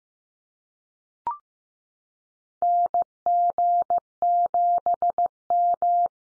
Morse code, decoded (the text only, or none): NG7M